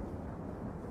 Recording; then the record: background sound without coughing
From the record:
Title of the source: Train Ride Ambience ambient white noise for sleeping, focus, studying, reading